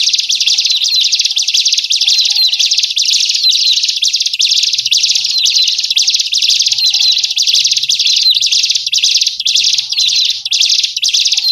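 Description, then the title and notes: Birds keep up a steady, dense, high twittering chatter without pause, and faint soft whistles appear at intervals. Lure sounds to attract wary, stubborn birds that are hard to approach. "Suara Burung Bandel Yang Susah Mendekati. Kompilasi Suara Pikat Burung"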